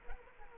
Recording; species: mosquito wingbeat signal from an infrared sensor; Aedes aegypti